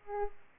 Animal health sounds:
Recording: mosquito wingbeat signal from an infrared sensor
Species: Aedes aegypti

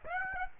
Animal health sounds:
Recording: mosquito wingbeat signal from an infrared sensor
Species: Aedes aegypti

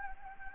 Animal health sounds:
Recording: mosquito wingbeat signal from an infrared sensor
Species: Anopheles gambiae

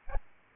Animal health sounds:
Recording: mosquito wingbeat signal from an infrared sensor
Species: Aedes albopictus

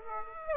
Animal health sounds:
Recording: mosquito wingbeat signal from an infrared sensor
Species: Aedes aegypti

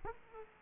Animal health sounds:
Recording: mosquito wingbeat signal from an infrared sensor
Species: Aedes aegypti

